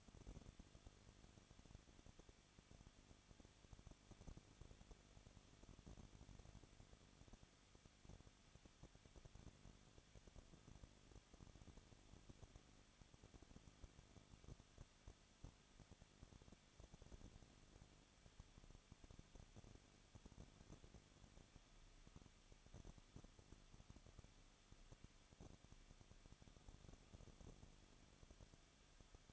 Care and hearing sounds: daily activity, microphone in the room; no activity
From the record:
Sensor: 4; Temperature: 23.0 degrees Celsius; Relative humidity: 34.4%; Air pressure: 1007.3 hPa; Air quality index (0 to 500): 216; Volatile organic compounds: 15 ppm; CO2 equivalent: 2508 ppm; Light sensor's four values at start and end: 2/3/1/1 and 2/3/1/1

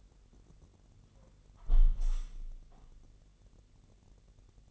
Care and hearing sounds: daily activity, microphone in the room; close window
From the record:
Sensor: 4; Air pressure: 1001.2 hPa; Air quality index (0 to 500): 246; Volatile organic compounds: 44 ppm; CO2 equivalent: 3204 ppm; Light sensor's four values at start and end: 9/20/8/7 and 9/19/8/7

